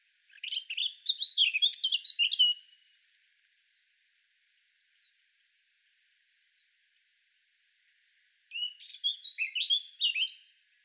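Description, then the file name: Eurasian blackcap song: a fast, bright warbled phrase of mixed chirps and whistles lasting about two seconds, a long silence, then another rapid warbling burst. "Sylvia atricapilla"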